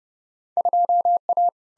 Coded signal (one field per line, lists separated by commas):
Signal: Morse code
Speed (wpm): 29 wpm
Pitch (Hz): 700 Hz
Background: none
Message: 2A